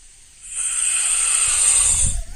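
An adult woman snoring in her sleep: a loud, harsh, hissing breath that builds with a low rattling vibration toward its end, sounding like a chainsaw.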